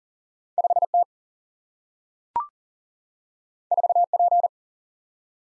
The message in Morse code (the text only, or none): 5T 4P